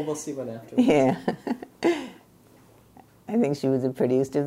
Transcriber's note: chuckles